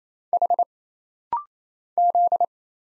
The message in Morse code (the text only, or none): H Z